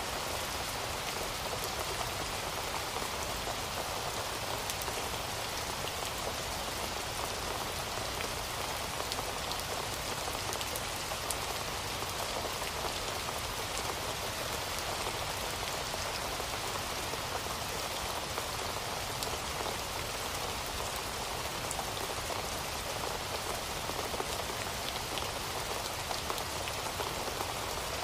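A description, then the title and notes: Heavy rain falls steadily in a rainforest, a dense, even hiss of countless drops with no pauses across the whole stretch. The sound sits bright, with a softer low rumble underneath and occasional sharper drips standing out from the wash. Rainforest Rain Sounds.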